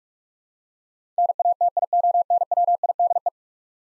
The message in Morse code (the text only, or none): NATIONWIDE